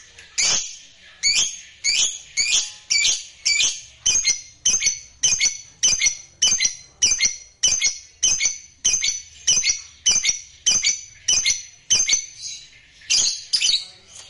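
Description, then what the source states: Lovebird calls: a regular series of shrill, clipped chirps, roughly one every two-thirds of a second, with a brief pause near the end. Lovebird sound used to stimulate lovebirds.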